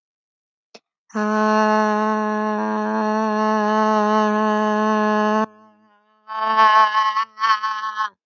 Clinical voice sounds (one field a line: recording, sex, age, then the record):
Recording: vowel held as long as possible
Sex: female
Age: 20 to 29 years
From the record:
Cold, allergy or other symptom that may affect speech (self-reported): no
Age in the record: 21 years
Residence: California, United States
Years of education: 15